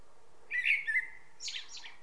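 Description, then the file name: Common blackbird song: a short mellow warbled phrase followed by a high scratchy twittering flourish. "Turdus merula"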